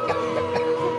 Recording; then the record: coughing mixed with background sound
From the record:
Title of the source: choking, hacking coughing